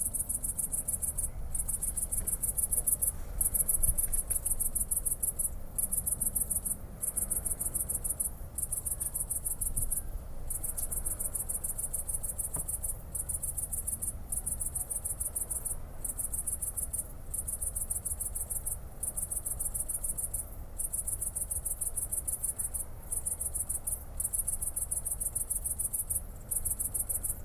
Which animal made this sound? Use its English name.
Great Green Bush-cricket